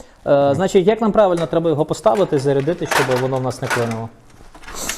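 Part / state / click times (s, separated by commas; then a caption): ammunition belt box onto grenade launcher mount / seated / 4.9 s. Someone talks while fitting a metal ammunition belt box onto the right-side mount of a captured AGS-17 automatic grenade launcher, setting it up correctly so it does not jam. After the talking stops, a faint knock comes at 4.5 s and then a sharp metallic click at 4.9 s as the box locks into place.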